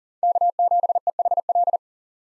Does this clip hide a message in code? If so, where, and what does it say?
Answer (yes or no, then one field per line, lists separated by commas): yes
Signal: Morse code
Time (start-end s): 0.2-1.8 s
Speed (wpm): 40 wpm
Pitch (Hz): 700 Hz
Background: none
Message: K7EHL